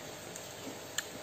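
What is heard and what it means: An adapter's DC power plug is pushed into the upper connector socket on an electric sprayer's battery pump. Two short ticks are heard at 0.4 s and 1.0 s, the second louder, over a steady low hiss. The plug is seated.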